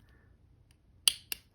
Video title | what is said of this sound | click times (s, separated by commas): Unboxing and Review of the Vibrelli 1/4" 2-20 Nm Torque Wrench for Bikes and e-Bikes | so you're not gonna you're not gonna miss that click that's a very nice solid click | 1.1 s